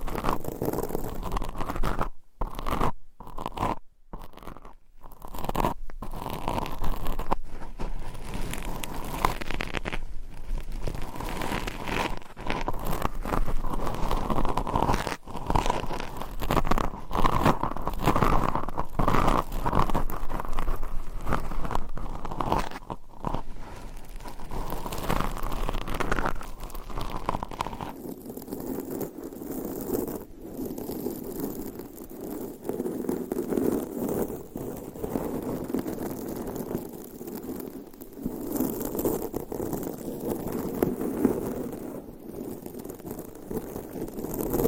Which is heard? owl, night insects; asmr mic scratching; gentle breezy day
asmr mic scratching